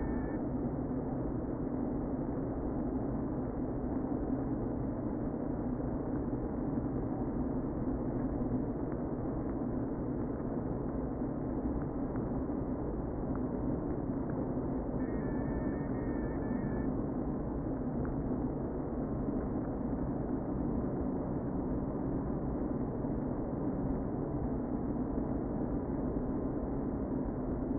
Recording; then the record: honeybee colony, microphone inside the hive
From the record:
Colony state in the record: queen present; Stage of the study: before two queens were removed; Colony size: about 60,000 bees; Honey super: yes